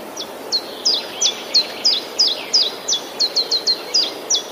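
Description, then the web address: Common chiffchaff singing a steady string of high, falling chiff-chaff notes, about three per second, with soft background hiss. Recorded 11 April 2019. "wroblowe kontra pierwiosnek 11 04 2019"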